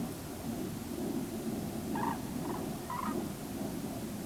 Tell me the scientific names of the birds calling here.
Grus grus